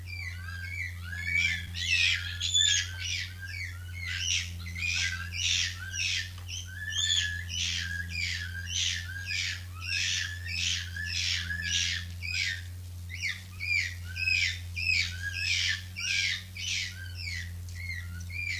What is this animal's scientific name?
Cebus apella